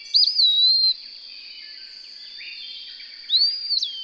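Bird gives two clear whistled phrases, a looping slur then a rising note, separated by a pause, with a high steady drone behind.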